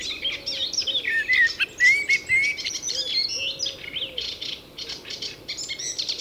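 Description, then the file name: Common blackbird singing rich, varied phrases with clear whistled slurs and high chattering twitters, plus soft repeated low notes in the background. "Turdus merula"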